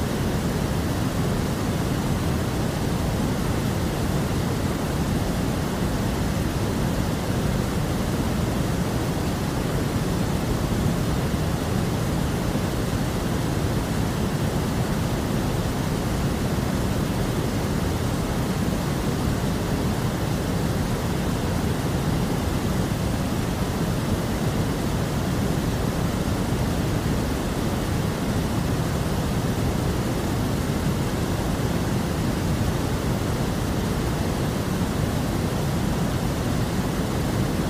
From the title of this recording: White Noise